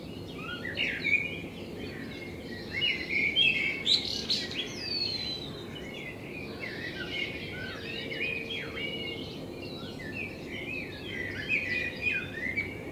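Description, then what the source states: Common blackbird song: varied fluting and twittering phrases in quick succession over steady low background noise. Blackbird in front of the recordist's window; binaural recording made with a home-built dummy head, intended for headphone listening.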